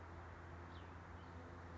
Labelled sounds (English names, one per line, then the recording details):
Cassin's Vireo
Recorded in Sonoma County, California